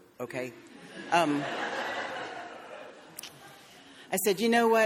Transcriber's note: audience laughing